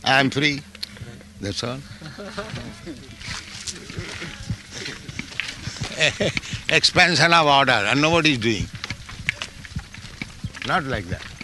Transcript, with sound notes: I am free. That's all." [laughs] Expansion of order, and nobody is doing---not like that.